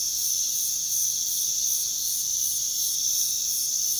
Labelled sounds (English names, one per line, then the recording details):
none
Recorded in pastures near Puerto Asís, Putumayo, Colombia, on 21 February 2024 at 04:30
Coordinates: 0.468, -76.328
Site G6414